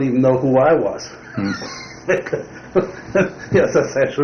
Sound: laughter